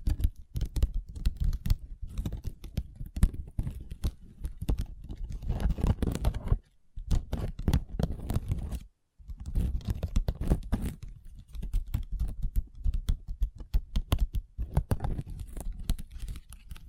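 Long nails tap and scratch on a table in a dense, quick patter of sharp clicks, mixed with brief scraping strokes. The rhythm is busy and uneven, with short silences near seven and nine seconds before the tapping resumes.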